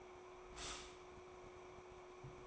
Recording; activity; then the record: daily activity, microphone in the room; stop toaster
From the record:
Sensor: 1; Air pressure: 1004.2 hPa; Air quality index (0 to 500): 202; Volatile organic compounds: 19 ppm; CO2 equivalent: 2672 ppm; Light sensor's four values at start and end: 4/13/4/5 and 4/13/4/5